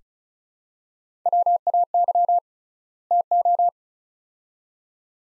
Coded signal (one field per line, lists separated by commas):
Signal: Morse code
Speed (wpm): 34 wpm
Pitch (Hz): 700 Hz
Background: none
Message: WAY TO